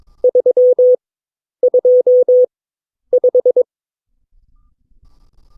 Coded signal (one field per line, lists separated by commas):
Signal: Morse code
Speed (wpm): 22 wpm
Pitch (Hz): 500 Hz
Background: none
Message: 325